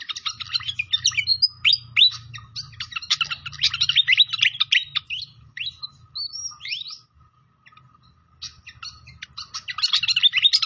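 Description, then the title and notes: Pied fantail singing busy, jumbled high chatter mixed with upslurred whistles, going quiet around seven seconds before resuming, over faint low gurgling. Masteran training recording of a clear-voiced song mixed with the sound of trickling water; the notes also name Sikatan Londo. "Masteran Sikatan Kipas Suara Jernih Dan Suara Gemericik Air. Suara Burung Sikatan Londo"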